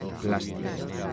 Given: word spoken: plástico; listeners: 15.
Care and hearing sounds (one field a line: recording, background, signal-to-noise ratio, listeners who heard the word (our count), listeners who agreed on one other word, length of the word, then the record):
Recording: one Spanish word in noise, from a listening test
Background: eight-talker babble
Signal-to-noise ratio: -0.4 dB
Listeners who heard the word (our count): 4 of 15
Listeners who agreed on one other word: 8 of 15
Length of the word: 0.73 s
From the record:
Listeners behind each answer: 8, 4, 1, 1, 1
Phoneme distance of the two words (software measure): 7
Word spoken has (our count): 3 syllables, 8 phonemes, stress on syllable 1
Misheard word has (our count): 3 syllables, 9 phonemes, stress on syllable 1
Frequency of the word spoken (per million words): 23.83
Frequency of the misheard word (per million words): 7.68